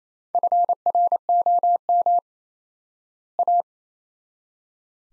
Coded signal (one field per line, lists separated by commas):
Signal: Morse code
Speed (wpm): 27 wpm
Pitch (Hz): 700 Hz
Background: none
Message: FROM A